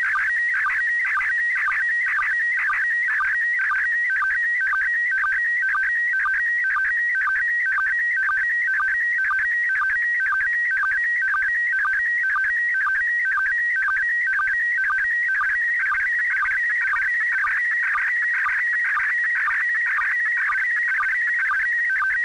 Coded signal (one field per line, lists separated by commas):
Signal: SSTV (slow-scan television)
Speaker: let's go ahead and look at the next transmission I receive and again I'm going to leave the entire transmission in the video with unedited audio so if you want to go ahead load up MMS STV